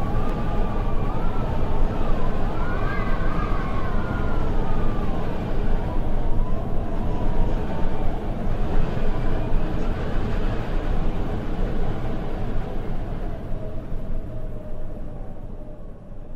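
Wind roars steadily along Provincial Route 20 in La Pampa, with whistling tones wavering in the first half before the roar eases.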